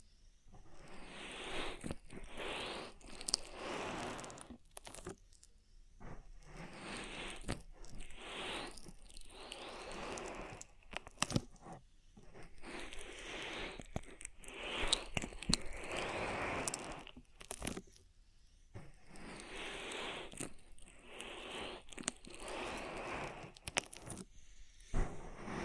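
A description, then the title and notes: Rubbing and squelching of oiled hands over a microphone, coming in soft, dense bursts a few seconds long with brief quiet gaps between them. Sharp crackles and small snaps punctuate the strokes throughout, and the level swells and fades with each pass. ASMR Oil Ear Massage for Deep Relaxation (No Talking).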